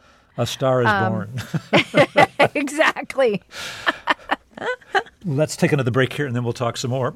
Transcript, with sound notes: A star is born.
(LAUGHTER)
Exactly.
Let's take another break here, and then we'll talk some more.